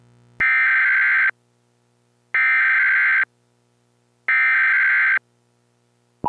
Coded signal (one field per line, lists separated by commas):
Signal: Emergency Alert System (SAME) tones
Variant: header bursts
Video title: EAS Mock: Nuclear strike during snowstorm